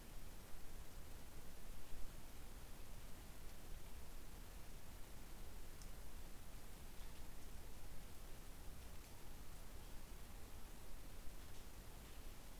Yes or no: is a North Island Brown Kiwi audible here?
no